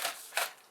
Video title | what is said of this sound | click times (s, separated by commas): Unboxing Gtech Airram Vacuum Mk2 Used | so I've just pushed that down, and that's actually latched in there without me, I | 0.4 s